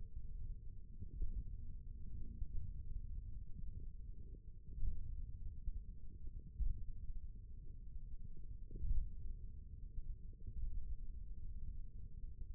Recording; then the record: forearm muscle sounds (acoustic myography)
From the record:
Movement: finger pinch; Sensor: system 1, eight BSWA MPA416 microphones around the upper forearm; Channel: 1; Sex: male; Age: 28 years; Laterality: right